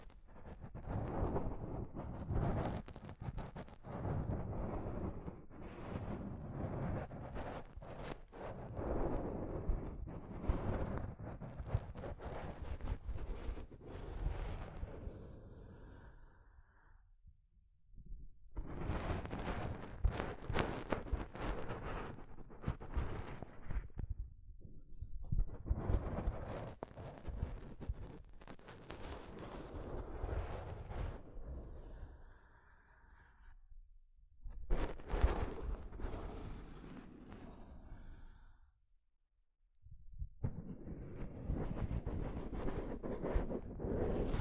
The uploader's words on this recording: ASMR Mic Brushing using Soft Fabric (No Talking).